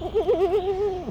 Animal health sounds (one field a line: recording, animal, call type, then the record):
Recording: contact call of a hoofed animal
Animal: goat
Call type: low-frequency (closed-mouth) or high-frequency (open-mouth) call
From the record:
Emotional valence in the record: negative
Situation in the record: short social isolation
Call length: 1.11 s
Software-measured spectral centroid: 1240 Hz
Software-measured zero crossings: 1030 a second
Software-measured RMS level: -23 dBFS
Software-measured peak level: -12 dBFS